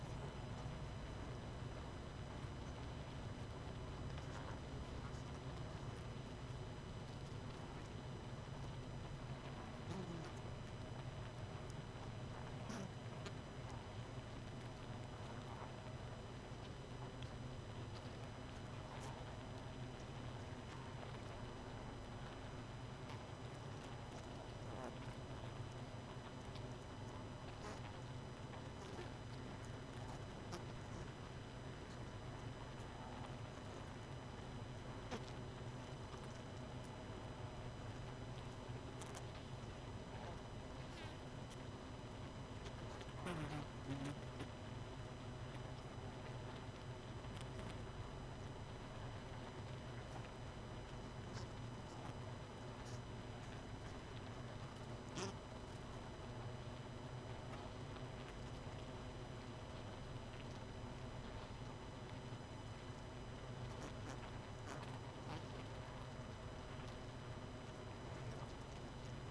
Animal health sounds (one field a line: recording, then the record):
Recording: honeybee colony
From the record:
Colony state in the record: missing queen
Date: 31 May 2018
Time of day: 23:20